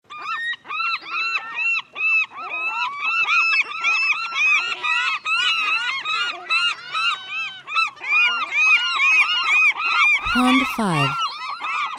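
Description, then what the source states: Gulls calling in a dense, noisy chorus of repeated mewing cries that rise and fall, with a brief burst of harsh noise near the end. Many gulls.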